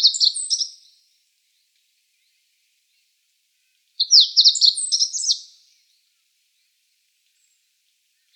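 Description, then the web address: Meadow bunting singing a short, quick phrase of high, tumbling chirps and brief trills, with a roughly three-second pause between phrases. The background is otherwise silent. Recorded on 9 May 2013. "birdenaga hojiro 130509"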